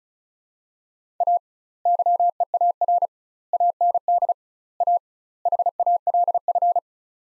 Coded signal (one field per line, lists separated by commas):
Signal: Morse code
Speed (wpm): 36 wpm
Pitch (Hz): 700 Hz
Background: none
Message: A YEAR AND A HALF